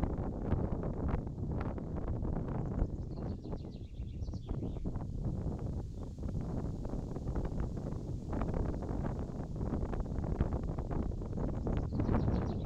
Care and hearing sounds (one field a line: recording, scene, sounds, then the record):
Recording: everyday scene through a hearing-aid microphone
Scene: wind on the microphone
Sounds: wind, birds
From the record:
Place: in front of a rural house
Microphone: in the ear canal, left